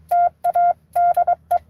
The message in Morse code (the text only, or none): TA DE